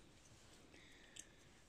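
A memory module is pushed into a motherboard slot, with a soft thud near 0.8 s and a small, sharp click at 1.2 s over a quiet background. The module clicks only partly home and is not yet fully seated.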